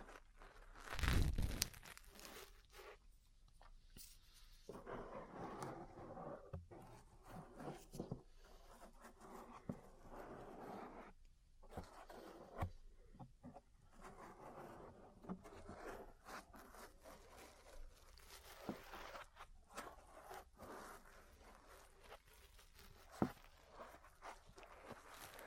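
Close-up ear cleaning and massage sounds: soft rubbing, scratching and rustling that come and go in dense, uneven bursts. A loud thump near the start stands out, and sharp taps and clicks recur, with a sharper one around 23 seconds.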